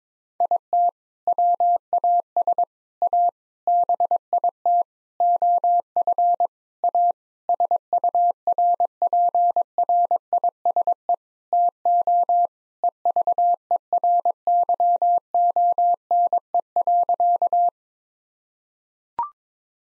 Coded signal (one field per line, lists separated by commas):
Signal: Morse code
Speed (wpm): 22 wpm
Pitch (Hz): 700 Hz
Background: none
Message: IT WAS A BIT OF A SURPRISE TO EVERYONE.